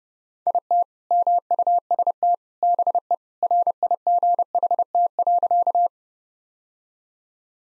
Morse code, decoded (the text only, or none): IT MUST BE RIGHT.